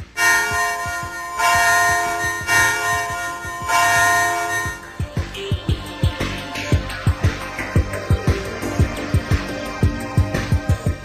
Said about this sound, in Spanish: La habrás oído sonar. Piensa, medita, recuerda. ¿Qué instrumento musical no tiene más que una cuerda? La campana.